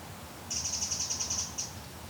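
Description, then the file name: Eurasian wren call: a rapid, even series of about ten high, thin ticking notes lasting about a second, then one final note. "Troglodytes troglodytes"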